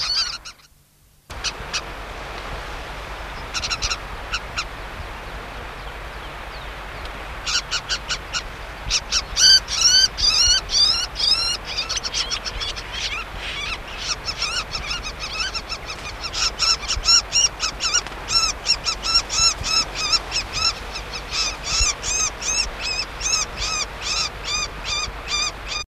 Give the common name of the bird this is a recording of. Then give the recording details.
Red-backed Shrike. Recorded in the wild. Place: Grippel (Langendorf), Niedersachsen, DE. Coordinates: 52.8167, 12.1223. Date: 1979-07-07. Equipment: Halbspur, 9,5 cm/s. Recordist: Lütgens, Hans. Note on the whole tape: Junge offenbar gerade aus dem Nest, sitzen in Brombeerhecke nur zwei Meter vor Lütgens, zunächst rufen sie allein, dann warnt der Alte, sie rufen weiter, am Ende werden sie gefüttert